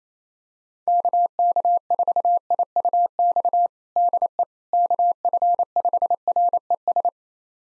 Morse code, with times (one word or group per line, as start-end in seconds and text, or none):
0.9-3.7 KK4IUX
4.0-4.4 DE
4.7-7.1 KF5RES